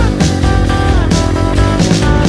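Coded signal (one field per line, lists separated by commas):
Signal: none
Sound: music notes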